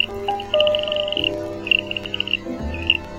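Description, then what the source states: French Guiana harlequin toad victory call: a series of short high pulses in a run, then shorter separate bursts, over soft low tones and a low thump near the end. Male's victory call after winning a wrestling fight by turning over an intruding rival male, along a river in French Guiana's equatorial forest in the rainy season.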